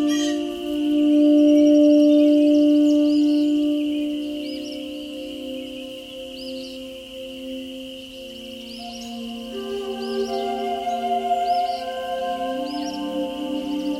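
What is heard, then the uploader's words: A Native American flute holds long, sustained notes, loudest in the first few seconds, then softer before shifting to a new pitch around ten and twelve seconds. Brief bird chirps repeat in the background throughout, over a faint steady hiss. Night Noon - Native American Flute with Nature Sounds.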